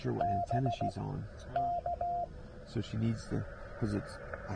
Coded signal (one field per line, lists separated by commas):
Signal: Morse code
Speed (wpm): 16 wpm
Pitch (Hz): 700 Hz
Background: speech, radio noise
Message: BK